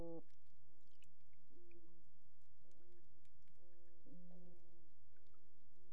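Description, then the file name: Toadfish giving brief, low, humming tones in an uneven series against a constant low background rumble and faint clicks. "Putland Toadfish"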